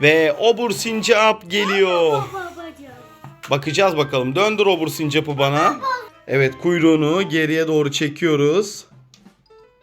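Someone talks while the plastic tail of a toy squirrel game is pulled backwards toward its spring latch mechanism. Nothing has seated or clicked yet by the end of the clip.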